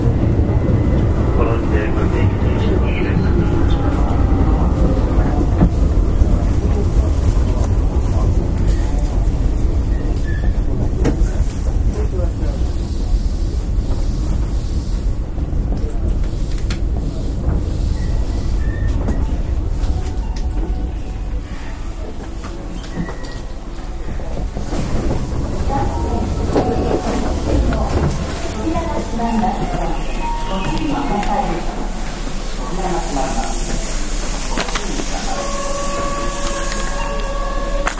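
Running noise of a Keihan 5000 series train on a semi-express, a dense low rumble with rapid clicking from the wheels through the first twenty seconds. Around 22 seconds it eases, then whining tones and voices come in as the train slows.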